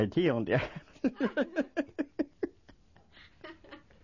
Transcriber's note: he laughs